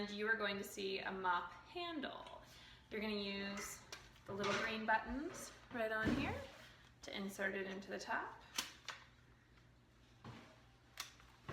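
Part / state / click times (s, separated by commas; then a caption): mop handle spring buttons into the mop head socket / not seated / none. Someone talks while handling a Norwex mop handle, whose little green push-buttons on the plastic handle section are used to insert it into the top of the mop head socket. Brief knocks and taps of handling are heard around 8.6, 8.9 and 11.0 seconds. The handle has not yet seated or clicked into the mop head by the end.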